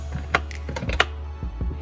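A small damper arm, the little shock that controls the glove box opening, is clipped onto its mount on the plastic glove box. Two sharp plastic clicks ring out at 0.4 s and 1.0 s, with softer tapping and handling noise in between over a steady low hum. The damper is seated.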